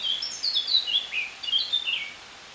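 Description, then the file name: Eurasian blackcap song, a quick run of clear, fluty whistled notes sliding downward between mid and high pitch, lasting about two seconds before fading out. "Sylvia atricapilla"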